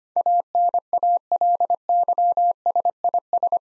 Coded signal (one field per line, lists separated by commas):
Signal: Morse code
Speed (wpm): 25 wpm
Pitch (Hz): 700 Hz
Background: none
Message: ANALYSIS